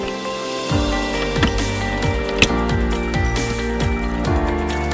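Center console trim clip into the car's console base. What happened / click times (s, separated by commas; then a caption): The trim clip snapped home / 2.4 s. A plastic clip on the carbon fiber center console trim of a 2015+ Subaru WRX STI is pressed back into the car's console base, with the leather shift boot held out of the way and the back plug already handled. Over steady background music, a sharp snap stands out at 2.4 s. The clip seats home perfectly.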